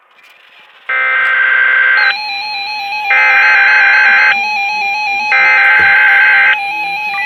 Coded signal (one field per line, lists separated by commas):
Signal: Emergency Alert System (SAME) tones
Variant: header bursts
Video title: XLF339 Severe Thunderstorm Warning #1 7/2/2021 (EAS #666)